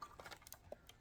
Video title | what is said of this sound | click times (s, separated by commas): The BIGGEST Display Available for Jeep Grand Cherokees! (Step By Step Install) | it's in. There you go. All right. So, you should hear like a click. | 0.0 s, 0.5 s